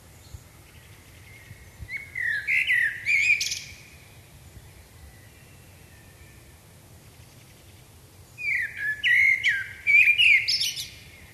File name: Turdus merula